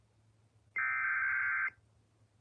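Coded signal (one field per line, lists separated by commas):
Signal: Emergency Alert System (SAME) tones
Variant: header bursts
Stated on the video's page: EAS fire warning.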